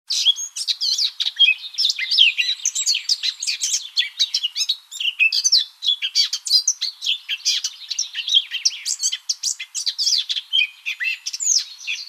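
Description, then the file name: Eurasian blackcap warbling song, a fast unbroken stream of scratchy, twittering and whistled notes that jump up and down in pitch throughout. "Sylvia atricapilla"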